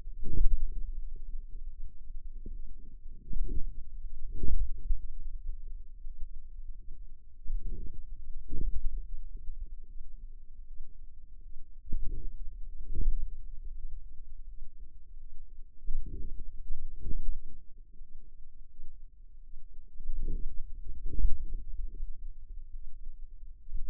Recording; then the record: forearm muscle sounds (acoustic myography)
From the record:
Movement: hand closing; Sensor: system 2, bracelet of six BSWA MPA416 microphones around the upper forearm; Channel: 5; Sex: female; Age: 23 years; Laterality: right